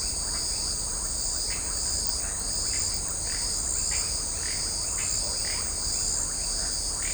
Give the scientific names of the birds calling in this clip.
none